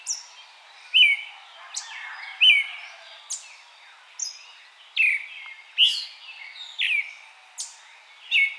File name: Eastern Red-legged Thrush 090402